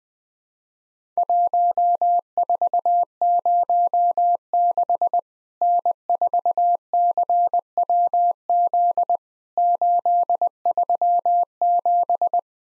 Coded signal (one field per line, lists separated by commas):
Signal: Morse code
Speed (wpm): 21 wpm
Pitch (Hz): 700 Hz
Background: none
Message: 1406 N4CWZ 837